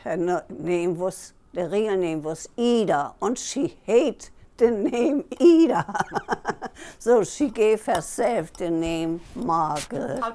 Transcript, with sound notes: Her name was — the real name was Eda and she hate the name Eda. [Laughs] So she gave herself the name Margaret.